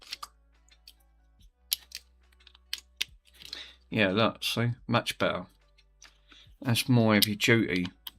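During a retro repair, an unidentified small part, possibly a module or connector, is handled and pushed toward its slot in the device. Sharp taps and clicks sound over a steady low hum while someone talks. The clip ends before the part goes home, so nothing has seated or clicked into place yet.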